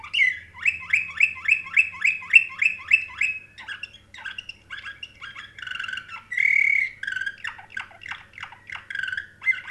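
Canary song: a rapid run of repeated sweeping notes, then a varied stretch of chirps, a steady buzzy note and more quick twittering phrases, with a faint low hum.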